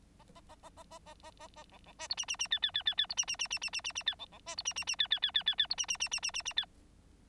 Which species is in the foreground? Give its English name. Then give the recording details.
Bengalese Finch. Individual Bird9